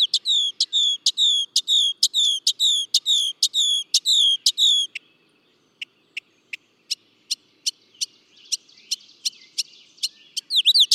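Northern mockingbird song: a long run of loud, high repeated chirps, a pause, then sparse sharp ticks and a final burst.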